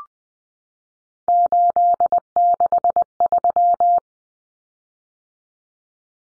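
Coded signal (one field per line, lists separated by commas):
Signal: Morse code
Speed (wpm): 20 wpm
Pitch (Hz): 700 Hz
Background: none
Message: 863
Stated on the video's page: Morse drill of common three-digit cut numbers (T, A, N for 0, 1, 9) at 20 wpm for head-copy, each sent, spoken, then sent again.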